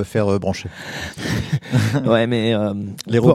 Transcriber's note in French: rires